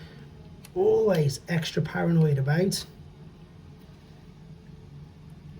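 A plastic right stabilizer piece is being handled and lined up over the pin and bracket of the foot of a large Fanhome Transformers: The Movie Optimus Prime model figure. Someone talks from about 0.7 to 2.8 seconds, followed by faint low background noise. Nothing has seated or clicked yet.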